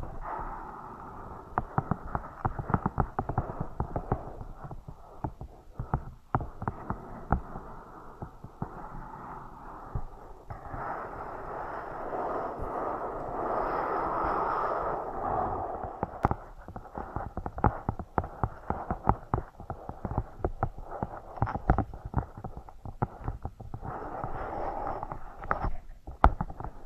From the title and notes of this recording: TimASMR-Scratching & Tapping Triggers. (NO TALKING).